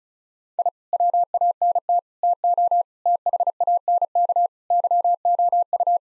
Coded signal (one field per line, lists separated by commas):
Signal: Morse code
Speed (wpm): 36 wpm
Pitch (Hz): 700 Hz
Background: none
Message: I WANT TO THANK YOU